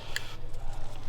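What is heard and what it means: A metal anti-squeal shim is pressed into the top caliper piston of a Porsche 993 C2S brake caliper. A sharp, bright metallic click sounds at 0.2 s over a low steady hum, and the shim snaps into place, seated as the first one done.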